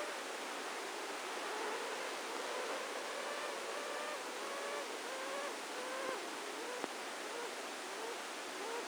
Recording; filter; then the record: brain microelectrode recording played as sound; spike band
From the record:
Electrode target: subthalamic nucleus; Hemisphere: left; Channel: 1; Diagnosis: Parkinson's disease